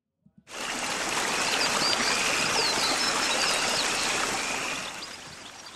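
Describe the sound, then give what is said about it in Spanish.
A river flows with a steady, broad rushing and gurgling that starts abruptly after two soft taps, joined by faint high bird chirps, then eases slightly at the end. “En un poblado a los pies del río Bamba vivía la familia de nuestro cocodrilo.”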